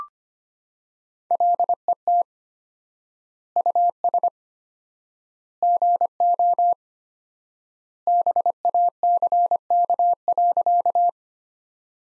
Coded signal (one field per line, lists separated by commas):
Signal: Morse code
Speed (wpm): 25 wpm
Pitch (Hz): 700 Hz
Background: none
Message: LET US GO BACK.